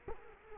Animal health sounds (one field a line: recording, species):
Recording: mosquito wingbeat signal from an infrared sensor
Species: Culex quinquefasciatus